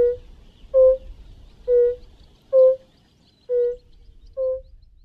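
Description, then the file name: European fire-bellied toad producing six plaintive, low hooting notes, each short and evenly spaced under a second apart, in a quiet setting. "Rotbauchunke"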